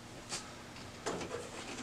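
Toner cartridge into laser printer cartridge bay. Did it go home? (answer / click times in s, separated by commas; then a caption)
no / none. A toner cartridge is lined up and pushed into its slot in the cartridge bay of an HP CM6040 laser printer. Soft scraping and sliding handling sounds are heard, with brief brighter rustles near 0.3 and 1.1 seconds. Nothing has seated or clicked into place yet.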